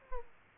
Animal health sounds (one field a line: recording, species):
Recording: mosquito wingbeat signal from an infrared sensor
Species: Aedes aegypti